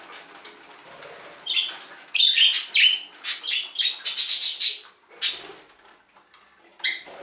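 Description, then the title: Budgerigar chatter: a run of rapid, high squeaky chirps and scratchy notes, followed by a few isolated chirps. "Budgie Sounds"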